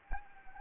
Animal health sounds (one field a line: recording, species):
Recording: mosquito wingbeat signal from an infrared sensor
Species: Anopheles gambiae